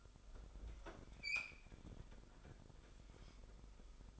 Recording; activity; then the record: daily activity, microphone in the room; open fridge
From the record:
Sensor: 5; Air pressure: 988.5 hPa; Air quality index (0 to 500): 220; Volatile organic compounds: 127 ppm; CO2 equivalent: 3914 ppm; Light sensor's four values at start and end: 41/126/49/53 and 42/126/49/53